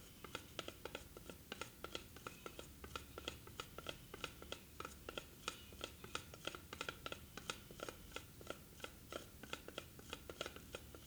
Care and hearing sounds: daily activity, guitar pickup as the sensor; fry

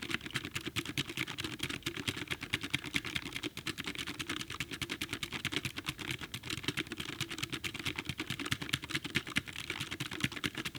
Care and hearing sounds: daily activity, guitar pickup as the sensor; type

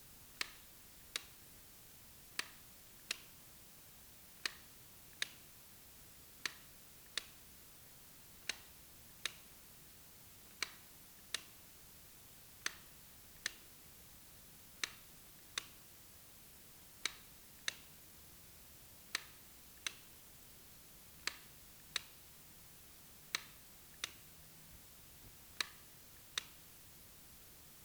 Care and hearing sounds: daily activity, guitar pickup as the sensor; operate light

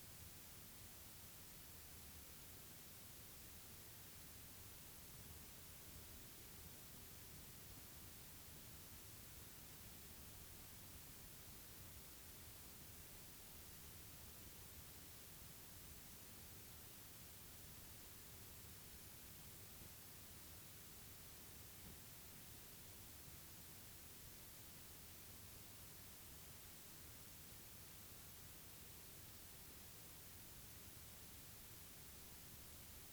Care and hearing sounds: daily activity, guitar pickup as the sensor; lie down

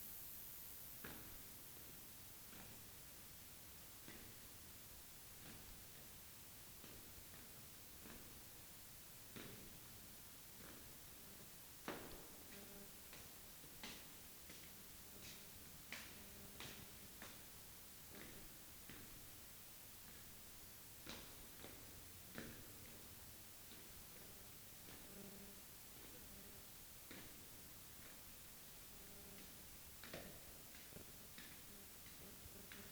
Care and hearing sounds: daily activity, guitar pickup as the sensor; go downstairs

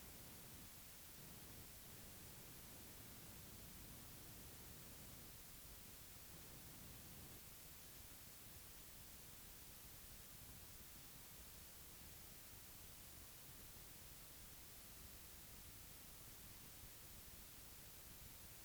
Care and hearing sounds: daily activity, guitar pickup as the sensor; sit

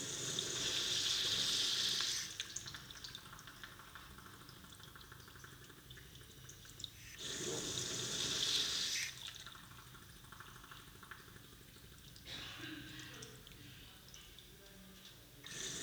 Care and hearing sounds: daily activity, guitar pickup as the sensor; flush

